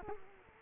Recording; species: mosquito wingbeat signal from an infrared sensor; Culex quinquefasciatus